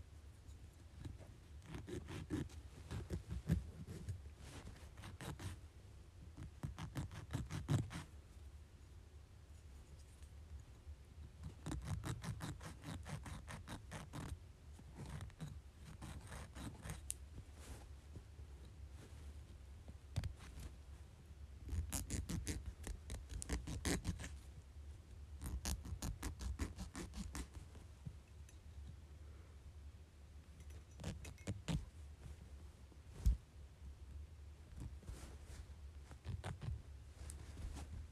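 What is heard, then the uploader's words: Nails are cut and filed in a run of short, dry clicks and scratchy strokes, some bunched into quick bursts and others spaced apart. A steady low hum sits underneath throughout, and the busiest filing comes in around the middle and again near 22 to 25 seconds. ASMR Cutting and Filing my Nails.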